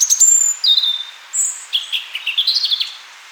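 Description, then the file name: European robin: songbird song of high whistled notes that slide down, followed by a quick, jittery run of rising and falling twitters. "Erithacus rubecula"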